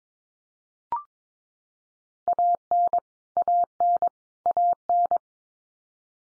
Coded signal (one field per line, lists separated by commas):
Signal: Morse code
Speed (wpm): 22 wpm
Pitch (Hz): 700 Hz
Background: none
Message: AN AN AN